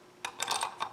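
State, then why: Not seated. A detachable magazine is handled at the magazine well of a Tikka T3X TAC A1 rifle, producing a few short, bright metallic taps and scrapes between about 0.2 and 0.9 seconds. The clip ends before the magazine goes home, and nothing has seated or clicked into place yet.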